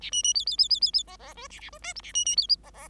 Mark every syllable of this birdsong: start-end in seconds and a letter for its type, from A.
0.01-0.10 A, 0.12-0.23 B, 0.23-0.34 B, 0.34-0.45 C, 0.46-0.57 C, 0.58-0.68 C, 0.69-0.80 C, 0.81-0.92 C, 0.93-1.03 C, 1.07-1.16 D, 1.19-1.34 D, 1.35-1.47 E, 1.50-1.60 A, 1.60-1.70 A, 1.72-1.78 E, 1.82-1.93 F, 1.95-2.01 G, 2.03-2.12 A, 2.14-2.25 B, 2.25-2.36 B, 2.37-2.47 C, 2.63-2.70 D, 2.73-2.88 D